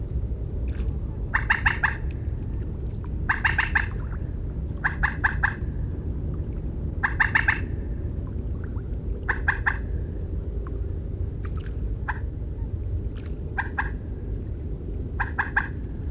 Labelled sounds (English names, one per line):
Common Moorhen call